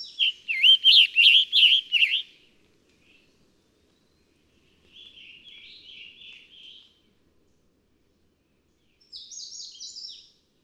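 Scarlet tanager song: a quick run of several hoarse, burry phrases, followed after pauses by two fainter buzzy sounds.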